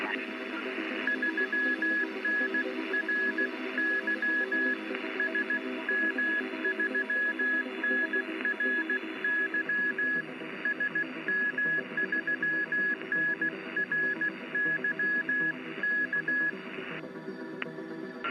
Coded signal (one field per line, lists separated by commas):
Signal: Morse code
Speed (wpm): 16 wpm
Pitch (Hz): 1700 Hz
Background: music, radio noise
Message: 3NRY SM3NRY SM3NRYK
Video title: Live: Vintage Radio Restoration, Signal Reporting and Band Scanning 07.07.24